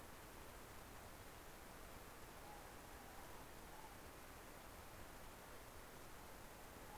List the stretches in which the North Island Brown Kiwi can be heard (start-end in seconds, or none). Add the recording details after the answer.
none. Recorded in New Zealand on 17 November 2013. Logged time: 03:42. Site BS16